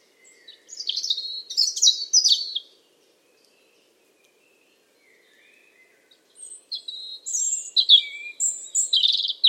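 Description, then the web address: Bird song in two busy bursts of rapid, high, squeaky twittering notes, separated by several seconds of near silence. "cianscape birddata Deverinetal 2025 Bird Only Er Ru"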